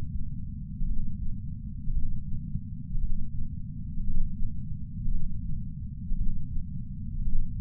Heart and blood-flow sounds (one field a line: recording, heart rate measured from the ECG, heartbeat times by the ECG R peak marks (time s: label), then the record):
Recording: heart sounds by patch sensor on the chest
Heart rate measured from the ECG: 57 bpm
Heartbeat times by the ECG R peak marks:
0.85 s: heartbeat
1.91 s: heartbeat
2.98 s: heartbeat
4.04 s: heartbeat
5.09 s: heartbeat
6.15 s: heartbeat
7.22 s: heartbeat
From the record:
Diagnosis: coronary artery disease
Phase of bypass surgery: preoperative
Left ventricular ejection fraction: 61.9%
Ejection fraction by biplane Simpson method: 50.3%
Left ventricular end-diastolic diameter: 48 mm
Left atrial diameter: 41 mm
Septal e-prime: 7.5 cm/s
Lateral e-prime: 8.4 cm/s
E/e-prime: 8.7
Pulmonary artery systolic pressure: 21 mmHg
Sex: male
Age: 71 years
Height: 162 cm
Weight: 75 kg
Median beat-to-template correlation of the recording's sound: 0.81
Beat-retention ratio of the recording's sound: 0.97